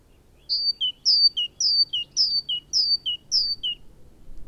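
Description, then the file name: Great tit singing a steady series of about six two-note phrases, high note then lower note, evenly spaced over a faint low hum. "Parus major"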